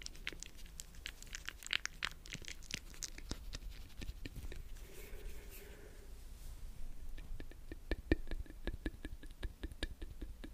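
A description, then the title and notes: ASMR mouth sounds: a dense run of sharp, wet clicks and pops that crowd the first four seconds, thin out into a softer, breathy stretch around five to six seconds, then return as quicker, evenly spaced clicks to the end. A low rumble sits underneath throughout. ASMR Mouth Sounds.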